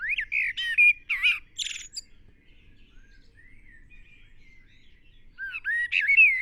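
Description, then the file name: Common blackbird singing: a fluty, warbled phrase that breaks into high squeaky twitters, a quiet pause, then another mellow phrase starting near the end. "Turdus merula"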